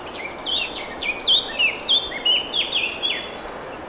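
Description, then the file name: Eurasian blackcap singing a rapid, varied sequence of bright whistled phrases, several notes rising or falling sharply, against a soft background hiss. "Sylvia atricapilla"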